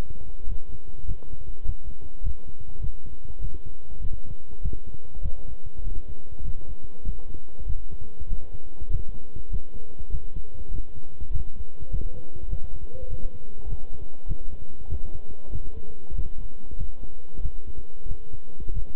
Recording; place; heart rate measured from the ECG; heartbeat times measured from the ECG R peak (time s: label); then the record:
heart sounds by stethoscope; between the tricuspid and mitral areas; 99 bpm
0.47 s: heartbeat
1.06 s: heartbeat
1.64 s: heartbeat
2.22 s: heartbeat
2.80 s: heartbeat
3.39 s: heartbeat
4.00 s: heartbeat
4.61 s: heartbeat
5.21 s: heartbeat
5.82 s: heartbeat
6.43 s: heartbeat
7.03 s: heartbeat
7.65 s: heartbeat
8.28 s: heartbeat
8.89 s: heartbeat
9.49 s: heartbeat
10.10 s: heartbeat
10.70 s: heartbeat
11.30 s: heartbeat
11.89 s: heartbeat
12.48 s: heartbeat
13.08 s: heartbeat
13.67 s: heartbeat
14.26 s: heartbeat
14.88 s: heartbeat
15.50 s: heartbeat
16.14 s: heartbeat
16.76 s: heartbeat
17.40 s: heartbeat
18.06 s: heartbeat
18.72 s: heartbeat
From the record:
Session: walking at 3.7 km/h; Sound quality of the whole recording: good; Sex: male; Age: 26 years